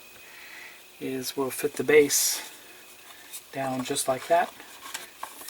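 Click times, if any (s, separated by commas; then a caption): 4.9 s, 5.2 s. Someone talks while the plastic left foot base of a large-scale 1:2 R2-D2 model kit is pressed down into its foot shell. Sharp plastic clicks at 5.0 s and 5.2 s mark the base snapping into place, confirming it is seated.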